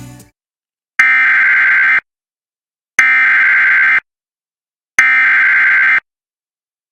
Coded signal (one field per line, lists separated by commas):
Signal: Emergency Alert System (SAME) tones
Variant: header bursts